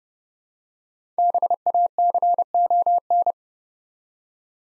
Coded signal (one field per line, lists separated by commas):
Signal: Morse code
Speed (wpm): 30 wpm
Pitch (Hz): 700 Hz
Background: none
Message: BACON